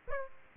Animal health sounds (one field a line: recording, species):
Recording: mosquito wingbeat signal from an infrared sensor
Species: Aedes aegypti